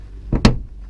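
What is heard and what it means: Pushing down on the hatch of a 350z drives the hatch gas strut's ball socket onto the ball joint stud, which rests on a rubber mallet. A low thump at about 0.3 s is followed by a single sharp click at 0.5 s. The socket seats on the stud and is confirmed in place.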